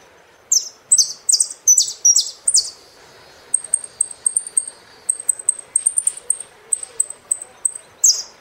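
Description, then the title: Saffron finch song: a string of loud falling notes, then many short high chirps with uneven spacing. "Jilguero Argentino"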